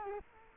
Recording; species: mosquito wingbeat signal from an infrared sensor; Culex quinquefasciatus